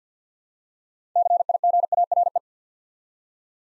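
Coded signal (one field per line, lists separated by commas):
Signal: Morse code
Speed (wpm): 48 wpm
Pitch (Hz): 700 Hz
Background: none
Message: CIGARE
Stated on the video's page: Morse practice sending nine-letter words three letters at a time at 50 wpm, for instant character recognition training.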